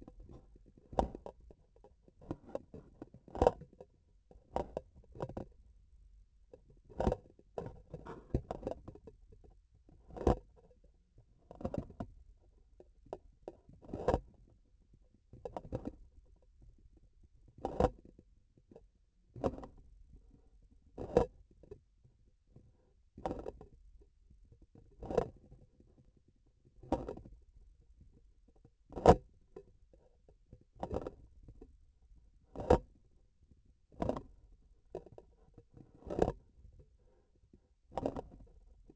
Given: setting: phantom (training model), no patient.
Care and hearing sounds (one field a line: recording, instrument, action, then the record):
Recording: laparoscopic instrument, vibration sensor on the handle end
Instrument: grasping forceps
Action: opening and closing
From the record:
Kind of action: tool actuation without material contact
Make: Olympus